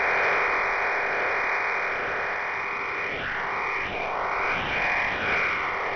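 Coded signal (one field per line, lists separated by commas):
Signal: numbers station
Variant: HM01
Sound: continuous dense hissing data roar, band-limited, with faint sweeping whistles of interference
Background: radio static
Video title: HM01 Cuban Numbers 30/06/2024 0730 UTC 13435kHz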